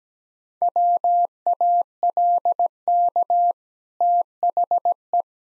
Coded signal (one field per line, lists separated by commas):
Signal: Morse code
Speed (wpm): 17 wpm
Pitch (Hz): 700 Hz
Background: none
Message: WALK THE